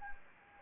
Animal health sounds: mosquito wingbeat signal from an infrared sensor; Anopheles gambiae

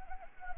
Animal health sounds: mosquito wingbeat signal from an infrared sensor; Anopheles arabiensis

